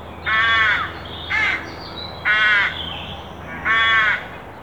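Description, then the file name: Carrion crow cawing loudly, four hoarse caws, with soft high bird notes underneath. "Corvus corone"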